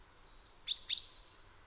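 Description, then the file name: Chaffinch call: a thin high whistle followed by two sharp, loud high chips in quick succession. "Fringilla coelebs"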